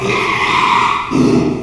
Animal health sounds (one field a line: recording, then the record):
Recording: squeal of a Yucatan mini pig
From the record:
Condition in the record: after surgery on the right vocal fold (resection and tissue-engineered implant)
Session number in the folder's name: 1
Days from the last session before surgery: 6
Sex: male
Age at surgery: 12 weeks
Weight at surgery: 13 kg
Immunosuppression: cyclosporine, prednisolone